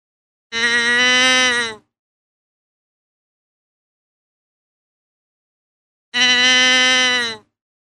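Deer bleats, two long nasal calls over a second each, separated by about four seconds of silence.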